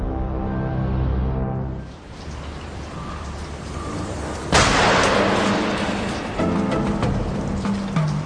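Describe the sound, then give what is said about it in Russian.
A single sharp, loud gunshot bursts out early on a Monday morning in the village of Malaya Rogan near Kharkiv, midway through a dark rumbling wash of noise, its crack decaying slowly, after a low sustained musical drone at the start. “В понедельник рано утром в селе Малая Рогань, недалеко от Харькова, раздался выстрел.”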